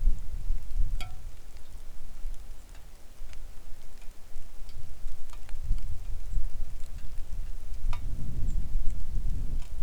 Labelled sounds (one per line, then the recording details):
songbird
wind
rain
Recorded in the Arctic National Wildlife Refuge, Alaska, on 3 August 2019 at 09:56
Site 41